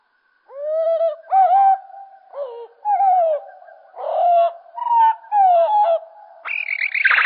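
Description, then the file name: Common blackbird song, slowed, rising and falling mellow fluted phrases one after another, ending in a strained, high screechy flourish. Slowed down. "Merle Et Merle Au Ralenti Merle noir ralenti"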